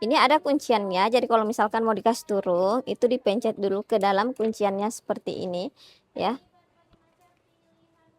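Someone talks while pressing the spring lock button on the handlebar stem of an Aviator AT252 children's tricycle, made for ages 2+, to slide the stem down into the steering tube. Speech fills most of the clip and then fades to near silence with a faint sound at 6.9 s. Nothing has clicked or seated yet.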